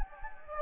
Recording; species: mosquito wingbeat signal from an infrared sensor; Anopheles gambiae